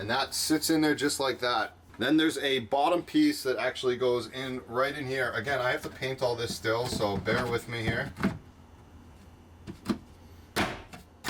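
Someone talks while fitting the bottom wooden piece of a wooden shower cover panel into the van's shower enclosure frame, followed by a few quieter seconds of handling with a brief sharp knock at 9.9 s. Nothing has seated or clicked yet; the panel has not dropped and locked into place.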